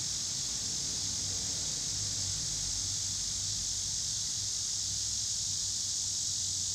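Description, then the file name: Cicadas keep up a continuous shrill drone while a low rumble of car traffic hums steadily underneath. Several cicadas recorded in Pittsburgh, Pennsylvania, on 26 August 2023, with passing cars. "cicadas and cars Pittsburgh PA"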